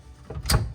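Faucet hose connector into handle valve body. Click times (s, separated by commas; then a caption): 0.5 s. A faucet hose connector is pushed up into the faucet handle valve body, smaller side first, and clicks in at 0.5 s. A faint tap comes just before at about 0.3 s, and the connector is seated and secure.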